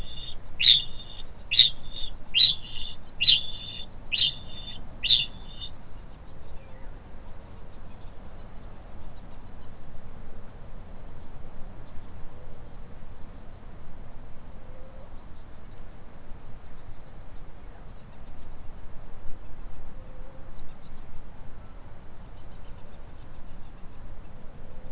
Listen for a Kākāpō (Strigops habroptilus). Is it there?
yes